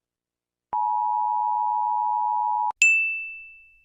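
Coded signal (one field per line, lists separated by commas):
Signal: Emergency Alert System (SAME) tones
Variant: 853 and 960 Hz attention tone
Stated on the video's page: Simulated emergency alert alarm, not a real broadcast.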